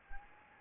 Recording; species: mosquito wingbeat signal from an infrared sensor; Anopheles gambiae